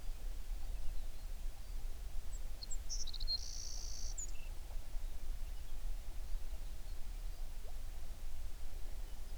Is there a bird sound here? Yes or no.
yes